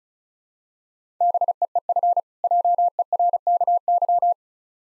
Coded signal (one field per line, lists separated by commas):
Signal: Morse code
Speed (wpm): 36 wpm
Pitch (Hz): 700 Hz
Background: none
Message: BEEF JERKY